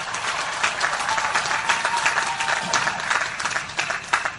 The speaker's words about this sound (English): To the parents, the grandparents, aunts, uncles, brothers, sisters, all the family and friends who stood by this class, cheered them on, helped them get here today. This is your day as well. Let's give them a big round of applause as well.